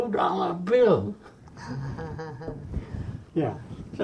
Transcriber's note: both laugh